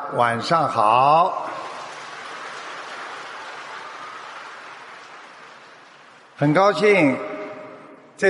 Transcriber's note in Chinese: 掌声